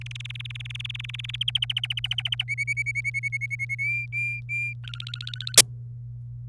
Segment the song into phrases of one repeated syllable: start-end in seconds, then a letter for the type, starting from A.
0.01-1.36 A, 1.41-2.43 B, 2.48-3.75 C, 3.79-4.73 D, 4.84-5.56 E